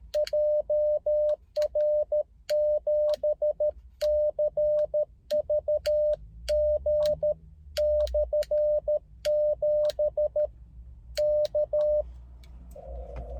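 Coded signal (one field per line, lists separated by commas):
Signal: Morse code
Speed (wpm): 13 wpm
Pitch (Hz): 600 Hz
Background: radio noise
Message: JR7CVG/7 K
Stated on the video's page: Beginner's CW contacts on 30m made from inside a car while operating portable, likely a POTA activation, with frequent sending errors.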